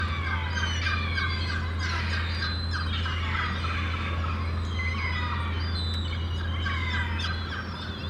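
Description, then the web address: Gulls calling in a noisy chorus, many overlapping harsh, drawn-out cries over a steady low hum. Many gulls calling in a harbour. "The Sound Pack Tree - Sonic Seaside - Crazy Harbor Seagulls"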